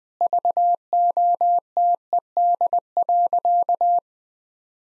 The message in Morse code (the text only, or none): VOTED.